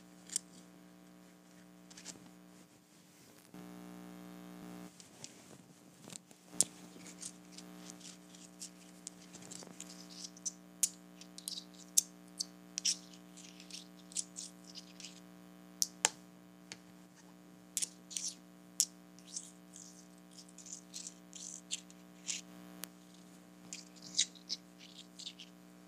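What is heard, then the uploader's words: Tiny rocks are tapped together in short, bright clicks, scattered irregularly and growing busier after about ten seconds, with occasional sharper knocks. A steady low hum runs underneath throughout, briefly thickened by a denser buzzing stretch around four to five seconds. ASMR Tapping Tiny Rocks Together.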